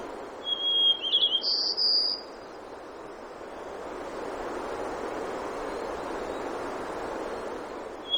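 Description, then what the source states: White-crowned sparrow song: a brief phrase of pure whistles and buzzy, trilled notes lasting under two seconds, then only steady hissing background noise. Recorded in Denali, Alaska, on 3 June 2012.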